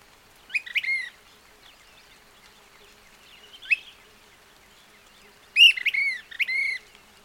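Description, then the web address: Brown-crested flycatcher giving brief phrases of clear, high whistled notes with rising and falling slurs, separated by pauses, over quiet background hiss. Song recorded at dawn. "chants aube"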